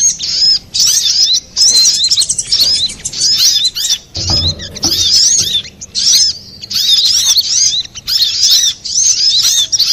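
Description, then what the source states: Little spiderhunter singing in clipped phrases of fast, high squeaky chatter, about one burst per second, with a short low thud midway. Masteran song of Sogok Ontong (little spiderhunter), labelled Labaik, for training cage birds.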